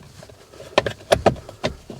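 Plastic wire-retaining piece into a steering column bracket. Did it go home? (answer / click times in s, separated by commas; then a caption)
yes / 0.8 s. On the second side of a first-generation Toyota Tundra's steering column, a small plastic wire-retaining piece is lined up and pushed down into its bracket during a fix for the O/D OFF light coming on when shifting. It snaps in place with a sharp click at 0.8 s. More short plastic clicks and knocks follow at about 0.9, 1.1, 1.3 and 1.6 s, and the piece is left seated.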